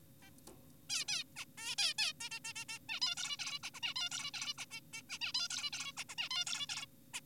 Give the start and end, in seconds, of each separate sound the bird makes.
0.22-0.30, 0.90-1.05, 1.08-1.24, 1.36-1.45, 1.58-1.75, 1.78-1.94, 1.98-2.13, 2.21-2.30, 2.32-2.40, 2.45-2.53, 2.56-2.65, 2.69-2.78, 2.89-3.00, 3.02-3.15, 3.17-3.37, 3.39-3.59, 3.63-3.70, 3.74-3.80, 3.83-3.94, 3.96-4.09, 4.12-4.31, 4.34-4.54, 4.58-4.65, 4.71-4.80, 4.93-5.02, 5.10-5.18, 5.22-5.32, 5.34-5.48, 5.50-5.70, 5.73-5.92, 5.97-6.04, 6.09-6.15, 6.18-6.29, 6.31-6.45, 6.47-6.67, 6.69-6.86, 7.14-7.20